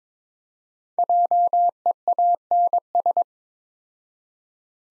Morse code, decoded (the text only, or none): JEANS